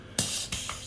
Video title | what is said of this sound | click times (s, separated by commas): 【AST】VFC Fabarm STF/12 Shotgun GBB debut | today we've got the green gas one and it fits in like so and locks | 0.2 s